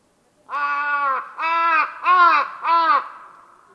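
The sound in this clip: Bird calls: four hoarse, drawn-out caw notes in an even series, with brief gaps between them.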